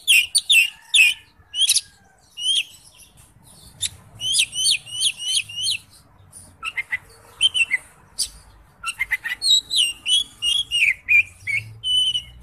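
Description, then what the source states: Bird singing high, sharp chirps and quick twittering phrases in bursts, with short pauses between phrases. Masteran training recording.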